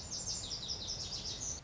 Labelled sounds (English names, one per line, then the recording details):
Lazuli Bunting
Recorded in Sonoma County, California